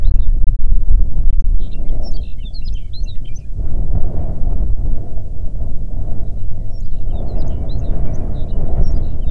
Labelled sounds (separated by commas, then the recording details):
songbird, wind
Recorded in the Prudhoe Bay oil fields, Alaska, on 6 June 2019 at 14:01
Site 16